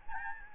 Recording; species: mosquito wingbeat signal from an infrared sensor; Aedes albopictus